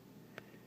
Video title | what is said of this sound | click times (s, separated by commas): Kamen Rider Gaim - Arms Change Series AC-01 ORANGE ARMS w/Gaim | You put push until it clicks and that'll hold them together. | 0.4 s